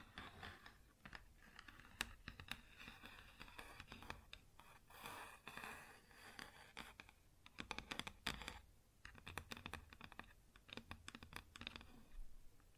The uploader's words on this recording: ASMR Wood Surface Tapping & Scratching (No Talking).